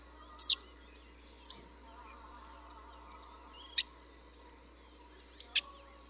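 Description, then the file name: Russet sparrow calls: sharp, high chirps in a few short bursts spread over six seconds, with a steady low hum underneath. "山麻雀"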